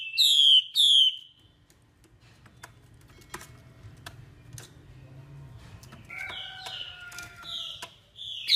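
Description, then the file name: Chinese hwamei song, two bright whistled notes opening, a quiet stretch of tapping clicks, then a run of repeated ringing whistles near the end. Female hwamei voice used to stimulate male birds. "Tieng chim hoa mi mai kich trong"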